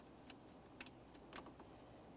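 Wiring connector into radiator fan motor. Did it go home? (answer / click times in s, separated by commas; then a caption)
no / none. The electrical connector for the driver-side radiator fan motor on a 2014–2018 Mazda 3 is handled during a radiator replacement, with brief plastic-handling ticks at about 0.3, 0.8, 1.4 and 1.6 seconds over a steady low hiss. The connector has not yet seated or clicked in.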